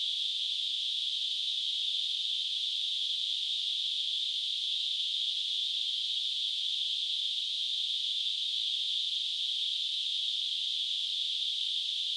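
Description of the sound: A simulated tinnitus sound: a steady, continuous high-pitched hiss centred in a narrow band around 3–4 kHz, unchanging for the whole duration, with no low-frequency content.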